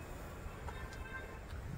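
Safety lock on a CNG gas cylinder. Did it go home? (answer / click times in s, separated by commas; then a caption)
no / none. A safety lock is being put on a CNG gas cylinder during the cylinder testing process, with steady broadband noise and faint low rumble throughout. Nothing has seated or clicked yet; the clip ends just before the lock goes home.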